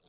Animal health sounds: pig call; piglet (1 to 25 days)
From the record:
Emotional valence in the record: positive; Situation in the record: short reunion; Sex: female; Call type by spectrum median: low-frequency call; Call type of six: low-frequency tonal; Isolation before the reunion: 3 minutes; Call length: 0.09 s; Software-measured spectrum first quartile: 394 Hz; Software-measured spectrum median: 1674 Hz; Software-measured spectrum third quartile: 4476 Hz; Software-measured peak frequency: 436 Hz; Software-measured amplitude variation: 98 dB a second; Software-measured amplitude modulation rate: 5.4 a second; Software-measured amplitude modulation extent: 18.2 dB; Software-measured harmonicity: 3.9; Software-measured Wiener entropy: -1.87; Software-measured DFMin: 1549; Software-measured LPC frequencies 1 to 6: 526, 1098, 2479, 3449, 3829, 5029 Hz

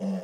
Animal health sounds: pig call; piglet (1 to 25 days)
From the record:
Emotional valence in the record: negative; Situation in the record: long isolation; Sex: male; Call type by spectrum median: low-frequency call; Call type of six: mixed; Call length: 0.24 s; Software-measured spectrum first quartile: 192 Hz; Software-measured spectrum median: 260 Hz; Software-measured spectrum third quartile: 638 Hz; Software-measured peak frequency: 191 Hz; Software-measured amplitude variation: 74 dB a second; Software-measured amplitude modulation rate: 12.5 a second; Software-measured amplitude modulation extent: 5.9 dB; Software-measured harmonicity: 7.9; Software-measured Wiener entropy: -0.71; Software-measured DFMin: 740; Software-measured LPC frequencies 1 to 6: 546, 1904, 2756, 5157, 6023, 6825 Hz

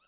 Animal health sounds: pig call; piglet (1 to 25 days)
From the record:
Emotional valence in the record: positive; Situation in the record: reunion after long isolation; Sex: male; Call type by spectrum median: high-frequency call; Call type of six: low-frequency tonal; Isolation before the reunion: 8 minutes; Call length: 0.08 s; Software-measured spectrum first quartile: 1663 Hz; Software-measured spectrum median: 2868 Hz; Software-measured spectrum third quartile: 4378 Hz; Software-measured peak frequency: 1303 Hz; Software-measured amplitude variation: 18 dB a second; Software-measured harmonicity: 6.2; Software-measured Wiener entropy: -1.75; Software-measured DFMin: 1083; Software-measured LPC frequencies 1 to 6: 828, 1327, 2647, 3855, 5115, 6381 Hz

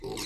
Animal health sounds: pig call; weaner (32 to 43 days)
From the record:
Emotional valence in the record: negative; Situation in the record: short isolation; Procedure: open field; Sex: female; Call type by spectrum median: low-frequency call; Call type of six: mixed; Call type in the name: high-frequency modulated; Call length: 0.26 s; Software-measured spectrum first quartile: 384 Hz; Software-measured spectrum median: 1804 Hz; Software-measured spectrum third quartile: 5163 Hz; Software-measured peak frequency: 397 Hz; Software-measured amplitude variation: 96 dB a second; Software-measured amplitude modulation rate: 21.1 a second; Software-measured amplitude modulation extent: 4.5 dB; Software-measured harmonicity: 3.3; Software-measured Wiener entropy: -2.96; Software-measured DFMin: 789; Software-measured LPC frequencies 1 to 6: 409, 2173, 2793, 3876, 4284, 5320 Hz

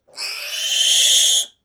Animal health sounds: pig call; piglet (1 to 25 days)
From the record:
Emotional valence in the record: negative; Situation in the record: restrain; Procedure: back test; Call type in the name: high-frequency call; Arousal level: maximum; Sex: female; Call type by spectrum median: high-frequency call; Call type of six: high-frequency modulated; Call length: 1.64 s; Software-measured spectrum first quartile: 3258 Hz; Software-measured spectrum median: 4648 Hz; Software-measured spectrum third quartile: 7211 Hz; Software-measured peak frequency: 3101 Hz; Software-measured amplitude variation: 128 dB a second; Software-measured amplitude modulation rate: 24.9 a second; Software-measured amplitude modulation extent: 5.1 dB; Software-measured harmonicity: 5.4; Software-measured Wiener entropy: -2.53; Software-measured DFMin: 1687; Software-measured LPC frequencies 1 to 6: 759, 1967, 3255, 5501, 6576, 7595 Hz

